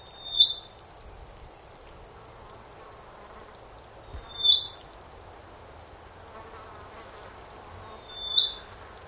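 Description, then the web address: Bird call, a high sharp note that swoops upward at the end, repeated three times about every four seconds against a soft background hiss. Unidentified bird species calling in a swamp. "Sound Effects-Foundation 1 BIRD UNKNOWN SWAMP CALL"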